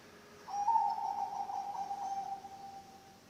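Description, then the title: Zebra dove song, a rolling staccato coo held on one pitch for roughly two and a half seconds against a noisy hiss. Bangkok-type zebra dove (perkutut bangkok) song, intended as masteran training audio for other birds and as a lure (pancingan). "mster Mnuk. SUARA OCEHAN BURUNG PERKUTUT BANGKOK Untuk MASTERAN dan PANCINGAN"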